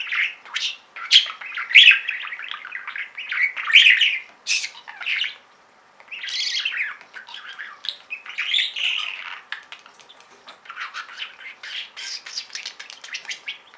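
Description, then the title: Budgerigar chattering in busy bursts of chirps and warbles, high and scratchy, with short pauses between phrases. "Budgie Sounds"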